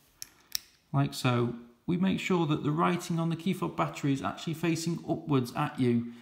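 A coin cell battery is pressed back into its holder in the plastic housing of a Kia Sportage, Rio or Ceed car key fob. Two short, sharp clicks at 0.2 s and 0.6 s mark the battery popping into place. Someone then talks, and the battery is seated.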